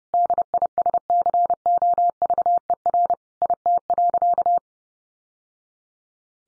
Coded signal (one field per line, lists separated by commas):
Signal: Morse code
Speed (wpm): 30 wpm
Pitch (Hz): 700 Hz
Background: none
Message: DISCOVER IT.